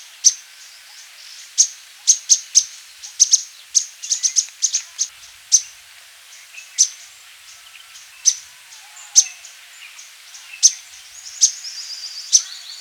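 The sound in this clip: Thick-billed flowerpecker calls: sharp, very high ticking notes, given singly and in quick irregular bursts throughout, over a faint steady hiss.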